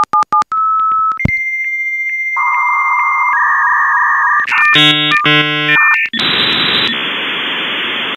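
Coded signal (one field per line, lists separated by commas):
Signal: dial-up modem handshake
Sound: quick dial beeps, a steady high answer tone, warbling chords and chirps, then loud hiss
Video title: Dial Up Noise Relaxing Nostalgic - ASMR- Internet Sound 2020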